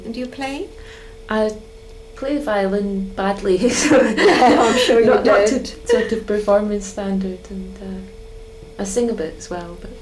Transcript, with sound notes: And do you play?
I play the violin badly.
[laughs] Oh, I'm sure you don't.
Not to sort of performance standard and eh. I sing a bit as well but.